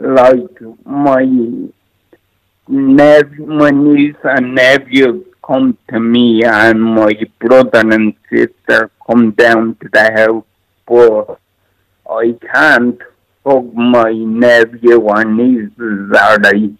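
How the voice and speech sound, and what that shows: Slow, halting speech from a 48-year-old man from Dublin with cerebral palsy, with distorted, imprecise consonants, stretched sounds and frequent pauses, typical of dysarthria in cerebral palsy.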